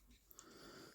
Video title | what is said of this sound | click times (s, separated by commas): Transformers Studio Series Bumblebee Movie Shockwave Review | his knees will click into place in their fully extended position | 0.3 s, 0.4 s